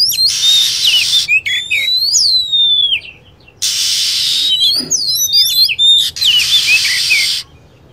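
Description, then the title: Lovebird chirps: quick shrill sweeps, several in a row, separated by three loud bursts of hiss. Used as a lure sound for attracting birds. "PIKAT BURUNG LOVEBIRD"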